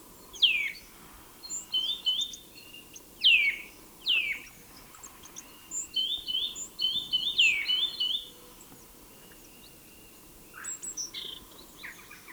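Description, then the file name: Eurasian nuthatch calls: loud, clear whistles sliding steeply downward, given several times, with thin chirps and twittering in the background. "Sitta europaea"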